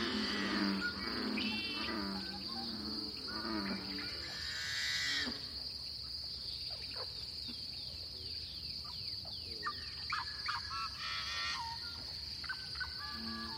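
A lively dawn chorus in a small pothole coulee in Eastern Washington, with a steady high insect-like buzz running throughout. Low calls and chatter crowd the first five seconds, then quick, bright bird chirps and short whistled notes repeat over a soft low rumble.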